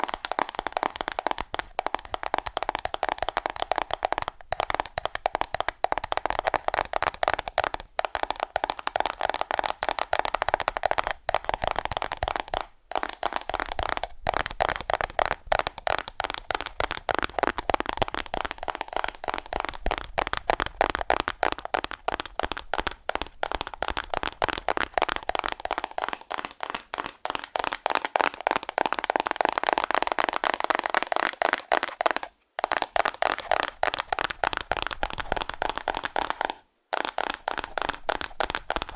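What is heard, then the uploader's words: Fast, aggressive tapping on cardboard. Dense, crisp taps come in a rapid, nearly unbroken stream at a steady loudness, with a hollow papery knock. Brief pauses break the stream around 13, 32 and 37 seconds. Fast Aggressive Cardboard Tapping (No Talking). ASMR Fast Aggressive Cardboard Tapping.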